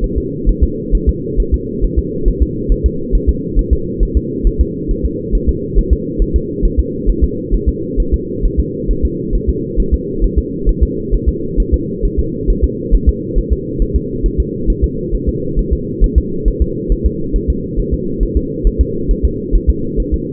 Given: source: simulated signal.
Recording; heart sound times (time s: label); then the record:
fetal heart sounds
0.04 s: S1
0.18 s: S2
0.49 s: S1
0.63 s: S2
0.95 s: S1
1.09 s: S2
1.40 s: S1
1.54 s: S2
1.84 s: S1
1.99 s: S2
2.28 s: S1
2.43 s: S2
2.72 s: S1
2.86 s: S2
3.15 s: S1
3.29 s: S2
3.59 s: S1
3.73 s: S2
4.03 s: S1
4.17 s: S2
4.47 s: S1
4.61 s: S2
4.91 s: S1
5.05 s: S2
5.35 s: S1
5.49 s: S2
5.79 s: S1
5.93 s: S2
6.22 s: S1
6.36 s: S2
6.65 s: S1
6.79 s: S2
7.09 s: S1
7.24 s: S2
7.54 s: S1
7.69 s: S2
8.00 s: S1
8.14 s: S2
8.45 s: S1
8.60 s: S2
8.91 s: S1
9.05 s: S2
9.35 s: S1
9.50 s: S2
9.80 s: S1
9.94 s: S2
10.24 s: S1
10.38 s: S2
10.69 s: S1
10.83 s: S2
11.15 s: S1
11.29 s: S2
11.60 s: S1
11.74 s: S2
12.05 s: S1
12.19 s: S2
12.50 s: S1
12.64 s: S2
12.94 s: S1
13.09 s: S2
13.38 s: S1
13.53 s: S2
13.82 s: S1
13.96 s: S2
14.26 s: S1
14.40 s: S2
14.70 s: S1
14.84 s: S2
15.15 s: S1
15.29 s: S2
15.59 s: S1
15.73 s: S2
16.04 s: S1
16.18 s: S2
16.48 s: S1
16.62 s: S2
16.92 s: S1
17.06 s: S2
17.36 s: S1
17.50 s: S2
17.79 s: S1
17.94 s: S2
18.23 s: S1
18.37 s: S2
18.67 s: S1
18.81 s: S2
19.11 s: S1
19.25 s: S2
19.55 s: S1
19.69 s: S2
20.00 s: S1
20.14 s: S2
From the record:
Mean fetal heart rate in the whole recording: 135 bpm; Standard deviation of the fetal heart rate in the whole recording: 3 bpm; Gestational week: 36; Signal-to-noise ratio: -6.6 dB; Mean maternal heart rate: 72 bpm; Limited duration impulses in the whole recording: present